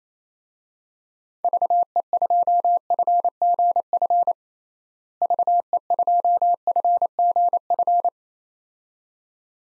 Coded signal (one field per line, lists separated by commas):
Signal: Morse code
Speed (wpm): 27 wpm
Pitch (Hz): 700 Hz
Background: none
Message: VE2FGF VE2FGF